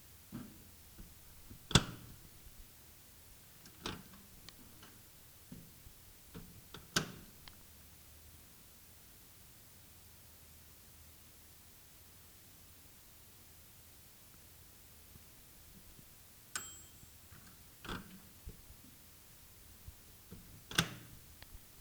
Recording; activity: daily activity, guitar pickup as the sensor; use microwave